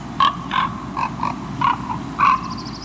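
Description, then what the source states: Common Raven soft calls: a series of about seven short, throaty, guttural notes. Softer side of ravens.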